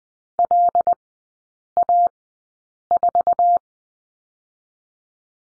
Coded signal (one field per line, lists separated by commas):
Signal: Morse code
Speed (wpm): 20 wpm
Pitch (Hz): 700 Hz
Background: none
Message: L A 4